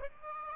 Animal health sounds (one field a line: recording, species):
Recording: mosquito wingbeat signal from an infrared sensor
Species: Aedes aegypti